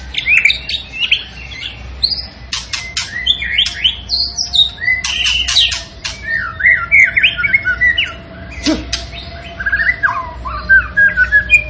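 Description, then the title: Zebra finch song of nasal buzzy notes mixed with quick upslurred and downslurred chirps, steady chatter throughout over a faint background hum. Cage-bird training recording of a tembakan singing actively and persistently, used to teach song to other caged birds. "Masteran Burung Tembakan Gacor"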